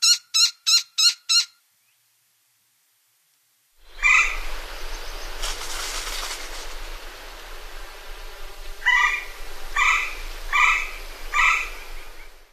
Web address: Songs of Birds of North America Stokes. Gila Woodpecker